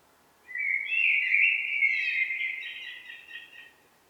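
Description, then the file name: Eurasian blackbird song: one mellow, fluted warbling phrase of about three seconds, wavering up and down and fading out softly at the end. "Turdus merula"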